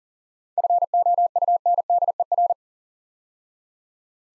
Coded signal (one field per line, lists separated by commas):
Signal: Morse code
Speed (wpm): 40 wpm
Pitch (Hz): 700 Hz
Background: none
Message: FOUNDER